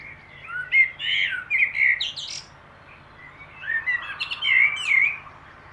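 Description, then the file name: Common blackbird song: two warbled, fluty phrases around mid pitch, each ending in thin, squeaky high twitters, separated by a short pause. "Turdus merula"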